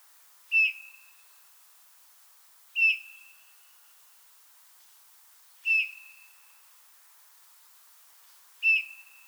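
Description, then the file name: Eurasian bullfinch: four clean, low piping whistles, each short and level, repeated roughly every three seconds against a quiet background. "Pyrrhula pyrrhula"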